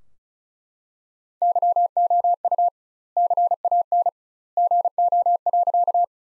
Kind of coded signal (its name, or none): Morse code